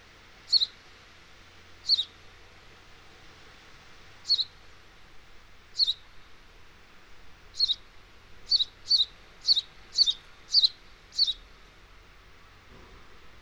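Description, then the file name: House sparrow chirping: short sharp chirps, spaced at first, then coming quickly in a run of about six near the end. "Passer domesticus"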